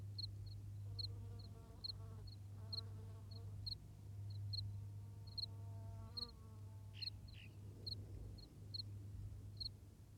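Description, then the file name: Cricket chirping: short high pulses repeated steadily throughout, over a deep low roar of strong wind and some humming, whistling tones. Recorded in strong wind, with the cricket standing out clearly. "Vento Forte com Grilo bem Marcado"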